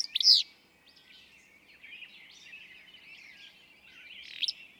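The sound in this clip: Willow flycatcher: a single loud, sneezy burst at the start, then a faint fragment near the end, amid a steady chorus of other birds.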